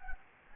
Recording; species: mosquito wingbeat signal from an infrared sensor; Anopheles gambiae